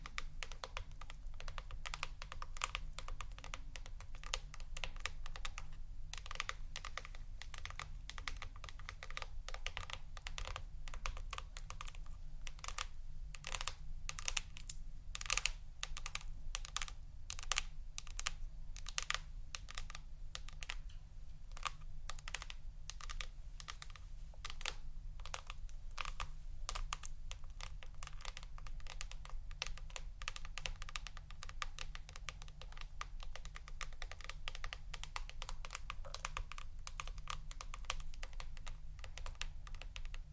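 Rapid, dense tapping on what sounds like a computer keyboard runs the whole forty seconds, with crisp, bright clicks landing in quick irregular bursts. Clusters of sharper strikes peak around the middle. A low, steady hum sits underneath throughout.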